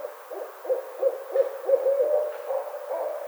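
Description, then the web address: Barred owl calls: a series of short hoots, about three per second. Recorded 25 May 2009. "Barred Owl 2009 05 25"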